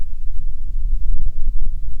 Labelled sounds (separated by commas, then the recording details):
bird, wind, man-made sound
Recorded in the Prudhoe Bay oil fields, Alaska, on 6 August 2019 at 05:16
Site 22